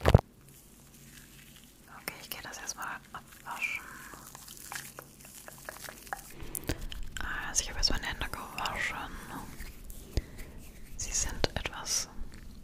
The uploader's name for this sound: Different Mic Scratching & Rasierschaum